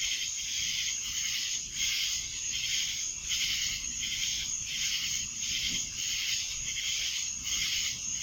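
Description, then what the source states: Cicadas in a dense chorus, a loud high buzzing that swells and fades rapidly and steadily without pause. Recorded in Annapolis in July 2012; several cicadas.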